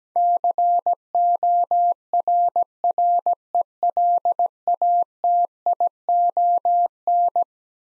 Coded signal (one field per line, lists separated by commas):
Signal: Morse code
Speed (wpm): 17 wpm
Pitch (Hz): 700 Hz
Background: none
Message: CORRELATION